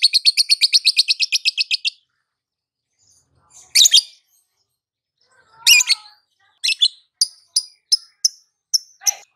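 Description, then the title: Lovebird delivers a two-second rapid chirping trill, then after a pause gives scattered harsh rasping notes and a series of short, separate high chirps. Konslet-style lovebird song, used for training other birds. "Masteran Lovebird Konslet"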